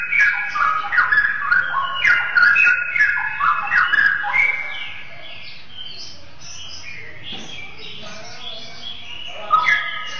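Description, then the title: Oriental magpie-robin song, lively whistled and warbled phrases for about five seconds, then near quiet with faint notes and a short final whistle. "Kicau Kacer"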